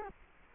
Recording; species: mosquito wingbeat signal from an infrared sensor; Culex quinquefasciatus